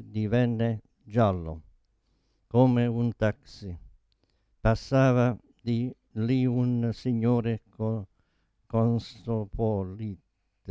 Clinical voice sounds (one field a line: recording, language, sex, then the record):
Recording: read passage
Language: Italian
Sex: male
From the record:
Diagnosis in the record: Parkinson's disease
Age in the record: 72 years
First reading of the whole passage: 118 s, 4.4 characters per second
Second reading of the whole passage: 99 s, 5.2 characters per second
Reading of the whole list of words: 88 s, 3.2 characters per second